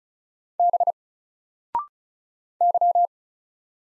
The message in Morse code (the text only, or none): B Y